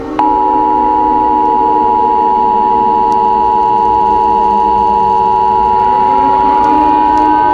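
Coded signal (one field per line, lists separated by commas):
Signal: Emergency Alert System (SAME) tones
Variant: 853 and 960 Hz attention tone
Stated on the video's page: Fictional EAS scenario, not a real alert.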